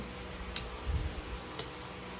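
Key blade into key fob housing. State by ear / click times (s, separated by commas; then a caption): seated / 0.6 s, 1.6 s. The original metal key blade for a Tundra is pushed into a replacement key fob shell until it latches. Two short, sharp ticks are heard at 0.6 s and 1.6 s over a low, steady background, with soft handling rumble between them. The blade locks into place in the fob housing.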